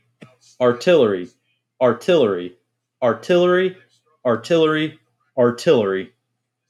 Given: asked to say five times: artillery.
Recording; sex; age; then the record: repeated word; male; 20 to 29 years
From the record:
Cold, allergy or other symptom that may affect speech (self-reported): no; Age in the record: 29 years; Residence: Indiana, United States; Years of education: 13